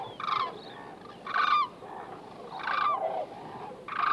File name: white naped crane